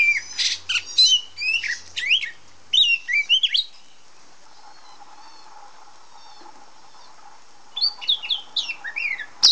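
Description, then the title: Oriental magpie-robin calling in bursts of bright whistles and rasping chirps, falling quiet for about four seconds midway before resuming with sliding whistled notes. Female; Indonesian name kacer hitam, black magpie-robin. "Kacer Betina suara burung kacer hitam betina"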